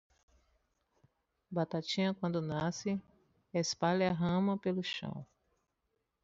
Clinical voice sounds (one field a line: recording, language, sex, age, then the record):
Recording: short text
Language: Brazilian Portuguese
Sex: female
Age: 50 to 59 years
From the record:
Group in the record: control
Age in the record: 51 years